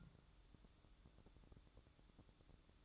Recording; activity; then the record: daily activity, microphone in the room; take from stove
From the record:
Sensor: 3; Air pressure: 1008.1 hPa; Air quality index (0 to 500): 128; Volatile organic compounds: 2 ppm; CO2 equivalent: 1058 ppm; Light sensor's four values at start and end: 9/21/8/8 and 9/21/8/8